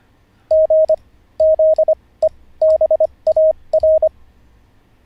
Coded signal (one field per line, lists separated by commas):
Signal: Morse code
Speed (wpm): 25 wpm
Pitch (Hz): 630 Hz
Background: none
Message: G ZEBAR